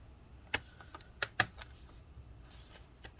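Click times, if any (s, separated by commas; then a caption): none. One side of the bottom cover of an HP Spectre x360 Convertible 13t-ae000 laptop is pressed to snap its clips down into the chassis, producing sharp plastic taps at about 0.5, 1.2 and 1.4 seconds with fainter ticks in between. That side will not click in all the way for an unknown reason, so nothing has seated or clicked yet.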